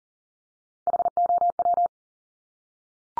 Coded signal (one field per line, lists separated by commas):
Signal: Morse code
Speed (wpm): 40 wpm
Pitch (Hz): 700 Hz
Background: none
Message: HOW